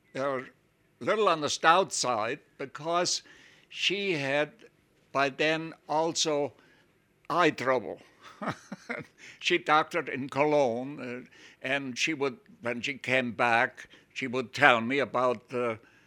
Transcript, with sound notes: A little on the stout side because she had by then also eye trouble. (he laughs) She doctored in Cologne, and she would, when she came back, she would tell me about the